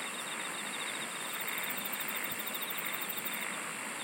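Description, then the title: Insects trilling in a dense chorus, with fast pulsed high buzzes running steadily throughout over a constant hiss of background noise. "SINGING OF INSECTS"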